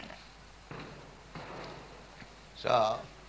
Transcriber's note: loud sounds of firecrackers throughout